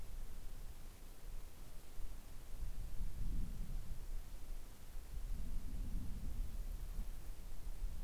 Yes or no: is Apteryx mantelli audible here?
no